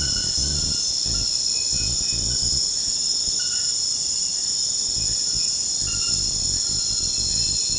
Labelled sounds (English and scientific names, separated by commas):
none